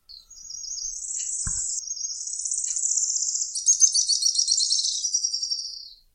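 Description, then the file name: Araucaria tit-spinetail song: a continuous, very high, rattling trill running about six seconds, growing stronger and pulsing near its end, with a brief tap early on. "canto do grimpeiro"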